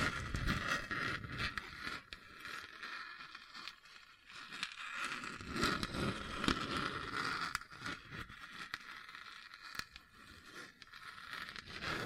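Scratching and scraping over a hard, bumpy surface, a rough rattling texture that swells and fades in uneven waves. Gritty bursts come thick around the first two seconds and again near five to seven seconds, with sharp clicks scattered throughout and a faint steady tone underneath.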